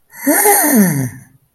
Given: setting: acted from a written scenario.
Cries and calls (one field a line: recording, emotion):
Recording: vocal sound without words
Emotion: positive surprise